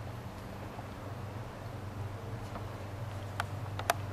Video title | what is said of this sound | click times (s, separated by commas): Ford AeroStar Mirror Replacement | And it just snaps together, and once it snaps, you'll hear the tab click in, and you're ready to bolt it on. | 3.9 s